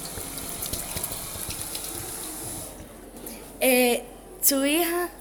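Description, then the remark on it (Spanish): Water splashes and trickles steadily for about three seconds as a child scoops up some water, then quiets before two loud, wavering, wail-like vocal tones cut in one after the other. “Una de sus hijos se fue al agua a coger un poco de agua.”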